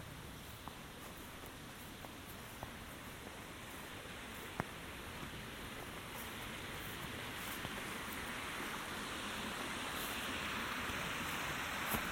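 A walk in Michaux State Forest, filled with a steady, dense outdoor hiss much like rain or rushing water that holds level throughout. Faint thin clicks and taps scatter across it, with a sharper tick near four and a half seconds and another at the very end.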